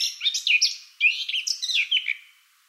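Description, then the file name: Eurasian blackcap song: two rapid bursts of varied, chattering warbled notes, the second running longer and fading out at the end. "Sylvia atricapilla"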